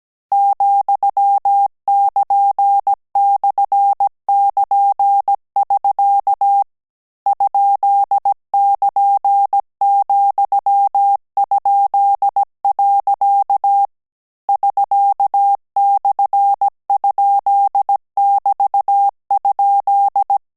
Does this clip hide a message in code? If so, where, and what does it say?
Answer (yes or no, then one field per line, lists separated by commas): yes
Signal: Morse code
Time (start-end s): 0.3-20.4 s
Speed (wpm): 17 wpm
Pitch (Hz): 800 Hz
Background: none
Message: ,<KN>/<KN><SK> ?<KN>,?. <SK>/?<BT>?